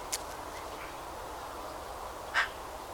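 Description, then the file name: Eurasian magpie uttering two brief, grating notes, one at the start and one after about two seconds, over a constant hiss. "Pica pica"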